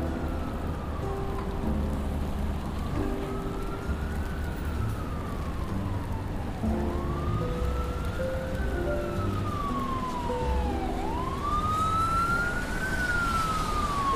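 Rain falls steadily over a New York street, a constant hiss beneath a low rumble of traffic. A siren wails throughout, rising and falling in slow sweeps about every four seconds, growing brighter toward the end. The level stays even across the clip.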